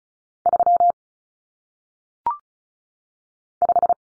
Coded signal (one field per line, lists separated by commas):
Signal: Morse code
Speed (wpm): 36 wpm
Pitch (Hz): 700 Hz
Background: none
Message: 3 5